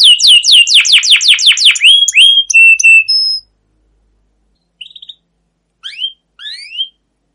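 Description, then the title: Canary song: a rapid series of descending whistled sweeps, then held notes, stopping abruptly; a few short chirps follow after a pause. Long continuous chirping song, used as a lure to stimulate other canaries to sing. "CUIT CUIT NGEROL LANGSUNG GACOR PANJANG Kenari Ini Utk Pancingan KENARI"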